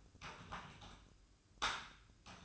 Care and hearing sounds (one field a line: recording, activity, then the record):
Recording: daily activity, microphone in the room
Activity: typing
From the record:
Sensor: 2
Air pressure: 1007.5 hPa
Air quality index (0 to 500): 43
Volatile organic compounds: 1 ppm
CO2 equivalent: 549 ppm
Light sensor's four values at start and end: 9/22/9/10 and 9/22/9/10